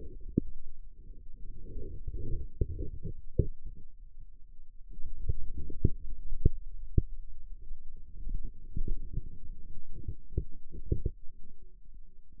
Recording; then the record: forearm muscle sounds (acoustic myography)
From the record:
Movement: radial deviation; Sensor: system 2, bracelet of six BSWA MPA416 microphones around the upper forearm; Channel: 5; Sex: male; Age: 22 years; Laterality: right